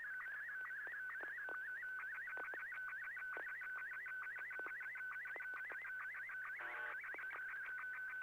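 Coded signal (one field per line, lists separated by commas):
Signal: SSTV (slow-scan television)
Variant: Martin 1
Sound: warbling tone near 1.5 kHz, rising chirps, frequent short low sync blips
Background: low mains hum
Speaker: Can you try sending that one more time? We'll see how it works. One more time, Ken.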